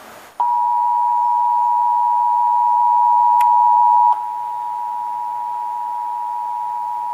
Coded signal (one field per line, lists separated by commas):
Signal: Emergency Alert System (SAME) tones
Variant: 853 and 960 Hz attention tone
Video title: (EAS #993-1,002) March 2026 Texas Required Monthly Test